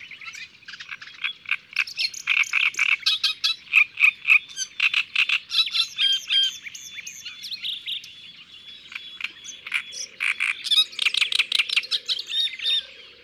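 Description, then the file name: Great reed warbler song: harsh, croaking repeated notes in loud chattering phrases, a few higher whistled and rattling notes in between. "Rousserolle turdoide ABC des chants doiseaux"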